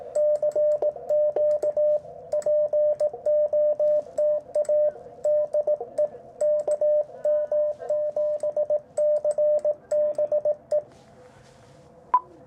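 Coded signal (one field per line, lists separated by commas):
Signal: Morse code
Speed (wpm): 16 wpm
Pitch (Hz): 600 Hz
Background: radio noise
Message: CQ POTA DE KM7CBE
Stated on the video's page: Short CW Parks on the Air activation using an Icom IC-705 with MAT-705+ tuner and Chameleon CHA-TDL antenna elements.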